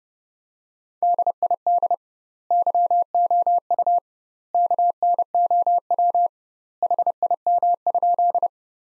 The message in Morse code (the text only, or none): DID YOU KNOW HIM?